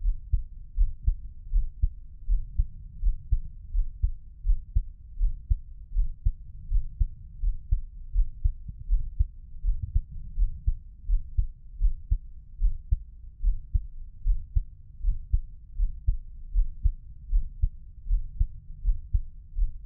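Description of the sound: A person's own adult heartbeat, heard through a 3Dio binaural microphone in ASMR style, with no talking.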